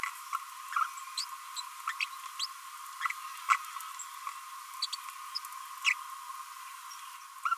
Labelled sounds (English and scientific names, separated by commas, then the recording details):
Green-rumped Parrotlet (Forpus passerinus) babbling
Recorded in a nest box in Venezuela
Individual 18B25A5